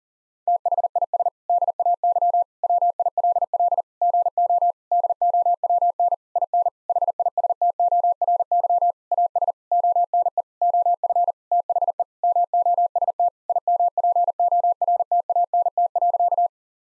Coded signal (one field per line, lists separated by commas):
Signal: Morse code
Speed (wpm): 40 wpm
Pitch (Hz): 700 Hz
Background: none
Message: THIS DAY WILL GO DOWN IN HISTORY AS ONE OF THE MOST IMPORTANT.